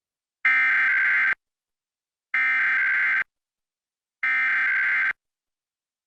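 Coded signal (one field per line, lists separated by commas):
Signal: Emergency Alert System (SAME) tones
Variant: header bursts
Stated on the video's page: Real NC Required Monthly Test relayed by WSOC-TV through a DASDEC, recorded from an ATSC 3.0 feed.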